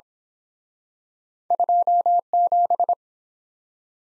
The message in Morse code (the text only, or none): 27